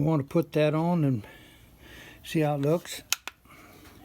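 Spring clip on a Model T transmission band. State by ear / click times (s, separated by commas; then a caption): seated / 3.3 s. A metal spring clip is pressed onto a Model T transmission band with a wooden liner while someone talks. A single sharp, short snap is heard at 3.3 seconds as the clip seats onto the band.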